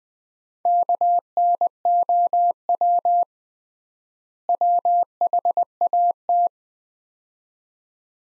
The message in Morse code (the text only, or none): KNOW WHAT